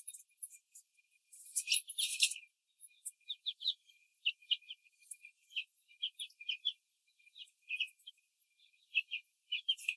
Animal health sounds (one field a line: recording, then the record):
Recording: young laying hens in a cage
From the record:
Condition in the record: control cage, after the stress test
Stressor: none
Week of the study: 4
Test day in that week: 3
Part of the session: 2